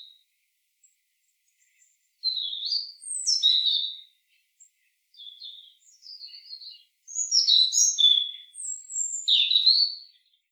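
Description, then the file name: European robin delivering a series of short, varied phrases of thin whistles, quick twitters and high warbles, growing fuller toward the end. "Erithacus rubecula"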